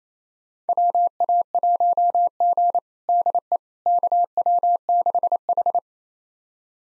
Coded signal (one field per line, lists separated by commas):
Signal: Morse code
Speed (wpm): 28 wpm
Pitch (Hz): 700 Hz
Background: none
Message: WA1G DE KW6H